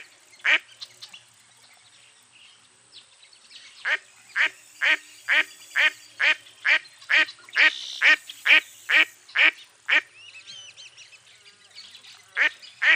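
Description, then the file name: Duck giving harsh quacks in a fast rhythmic series, roughly two per second, with pauses between runs. "zvuki glazchatoi kriakvy"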